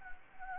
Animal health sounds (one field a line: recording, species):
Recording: mosquito wingbeat signal from an infrared sensor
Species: Anopheles gambiae